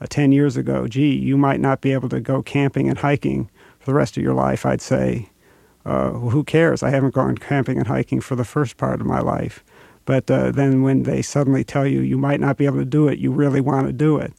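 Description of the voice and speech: A man speaks fluently at an ordinary pace in a low voice, with frequent creaky, gravelly roughness at phrase ends and on vowels. This gravelly quality is a voice symptom of Parkinson's disease, diagnosed about eight years earlier, a mild hypokinetic dysphonia and his most noticeable symptom.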